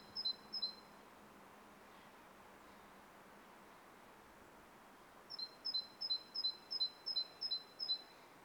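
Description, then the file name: Great tit singing two quick high two-note phrases, falling silent for several seconds, then resuming with a run of about eight even, rapidly repeated double notes. "Parus major"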